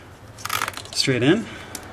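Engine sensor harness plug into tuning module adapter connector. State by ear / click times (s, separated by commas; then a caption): not seated / none. A plastic engine sensor wiring-harness plug, keyed to fit only one way, is handled and lined up to push straight into the Burger Tuning JB4 tuning module adapter connector on a BMW F32 435i with the N55 engine. Light plastic ticks and rattles come at about 0.5–0.8 s and again at 1.8 s while someone talks briefly. Nothing has seated or clicked yet.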